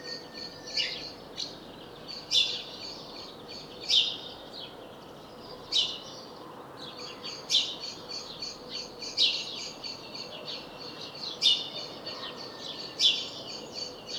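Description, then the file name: House sparrow chirping, a string of sharp notes about every second or two, with fainter twittering behind. "Passer domesticus"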